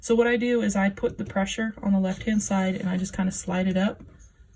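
Someone talks while a magnetic frame piece for an embroidery hoop is pressed down on its left side and slid up over the fabric toward the hoop base. Nothing has seated or clicked into place yet by the end of the clip.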